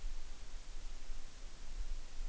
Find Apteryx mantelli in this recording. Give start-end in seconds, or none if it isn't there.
none